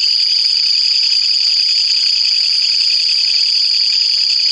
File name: クツワムシ